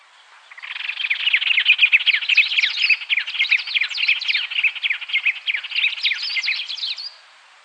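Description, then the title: White-rumped tanager song, a continuous run of quick, sweet chirped and slurred notes lasting about six seconds, varied and fairly even in loudness, with a quiet background. "LuckyPassaro Completos2Sama. White-rumped Tanager (Cypsnagra hirundinacea)"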